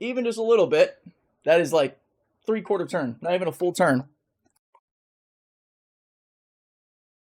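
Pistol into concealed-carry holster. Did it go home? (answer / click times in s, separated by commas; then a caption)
yes / 4.8 s. Someone talks for the first four seconds, then a pistol is pushed into a polymer concealed-carry holster whose retention screw has been tightened about 3/4 turn. A faint tick comes at 4.6 s, followed by a short, sharp click at 4.8 s as the pistol snaps into the holster's retention. The pistol is seated and held very tightly, and the rest of the clip is silent.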